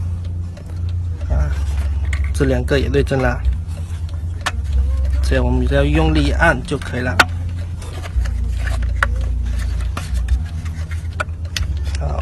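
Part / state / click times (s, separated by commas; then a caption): air-conditioning vent grille into dashboard vent housing / seated / 9.0 s, 11.2 s, 11.6 s. A plastic air-conditioning vent grille for a 2010–2016 BMW F10/F18 is pressed firmly into the dashboard vent housing while someone talks over a steady low hum. Sharp snaps are heard at 9.0, 11.2 and 11.6 seconds as its corner clips lock in. Each corner is then checked and found clipped in place and pressed tight.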